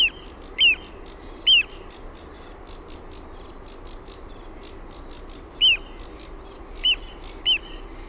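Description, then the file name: Little ringed plover calling: crisp, high, falling whistled notes, a quick trio at the start and three more spaced near the end, over faint hiss. "PIKKUTYLLI"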